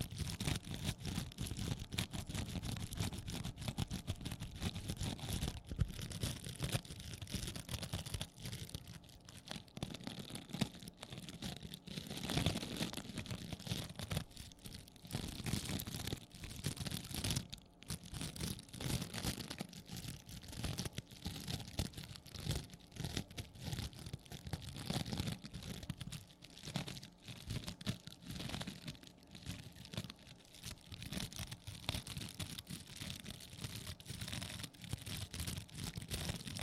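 A sponge scratches and rubs against a surface without pause, making a dense, rough, crackly scrubbing with a steady low rumble beneath it. The strokes keep up a fast, uneven rhythm, with brief dips and sharper scrapes near 6 and 18 seconds.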